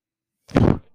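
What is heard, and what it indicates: After near-silence, a brief low, muffled puff from a home mechanical ventilator delivering a breath, heard between the host's phrases.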